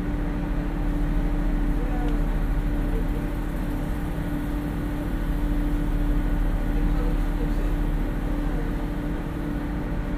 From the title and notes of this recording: Today's soundscape was recorded on the passenger ferry that makes the short harbour crossing from Gosport to Portsmouth here on the south coast of England. Binaural.